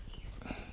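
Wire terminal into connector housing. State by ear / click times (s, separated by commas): not seated / none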